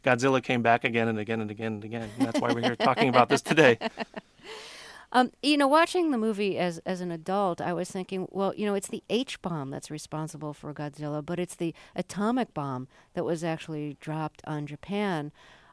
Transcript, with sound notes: Godzilla came back again and again and again and again. That's why we're here talking about this today.
(LAUGHTER)
You know, watching the movie as an adult, I was thinking, well, you know, it's the H-bomb that's responsible for Godzilla, but it's the atomic bomb that was actually dropped on Japan.